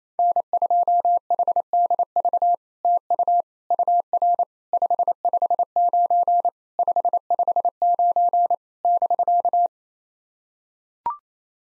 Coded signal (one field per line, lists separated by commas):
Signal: Morse code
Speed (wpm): 27 wpm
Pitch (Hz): 700 Hz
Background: none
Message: N2HDV TU UR 559 559 <BK>